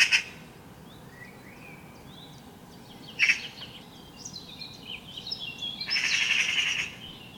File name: Pica pica